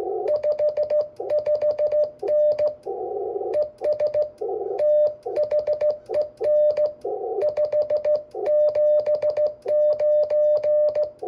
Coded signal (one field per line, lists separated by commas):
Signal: Morse code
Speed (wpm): 14 wpm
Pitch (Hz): 600 Hz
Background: none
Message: 55N ES THEN 579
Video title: Working SKCC member Glenn in NC W2BX NR 27599T